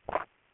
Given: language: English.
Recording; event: throat vibration sensor signal played as sound; swallow